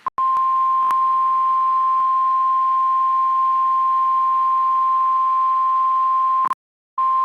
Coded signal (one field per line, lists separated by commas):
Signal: Emergency Alert System (SAME) tones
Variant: 1050 Hz attention tone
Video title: Severe Thunderstorm Warning Texas Noaa Weather Radio Station WXK 38 Amarillo TX 5/23/26